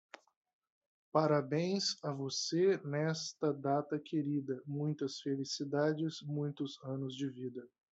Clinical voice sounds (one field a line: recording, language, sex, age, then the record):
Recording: short text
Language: Brazilian Portuguese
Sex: male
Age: 30 to 39 years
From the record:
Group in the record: control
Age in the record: 30 years